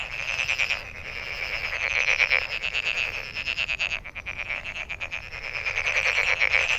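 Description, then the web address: Frogs calling in a dense chorus of rapid pulsed croaks, swelling and fading in waves, with a quieter stretch just past the middle. Recorded 23 May 2008. "misc sound frog frog 20080523"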